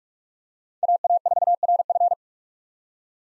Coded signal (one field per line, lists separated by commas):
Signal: Morse code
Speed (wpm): 46 wpm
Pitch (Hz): 700 Hz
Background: none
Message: AA4RF